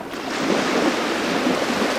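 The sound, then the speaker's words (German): Steady, loud roar of surf washing onto the shore of an island in the Mediterranean Sea, a broad rushing hiss with soft swells rising and falling, mixed with some wind noise and no voices. “Seit Menschengedenken brechen die Wellen an diesem Ufer.”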